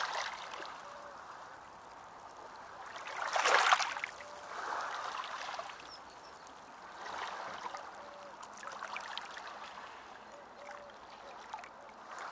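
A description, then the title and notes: Ocean water hisses and trickles steadily, with a strong wave surge around the fourth second and softer swells rolling in every few seconds. Ocean Sounds Asmr.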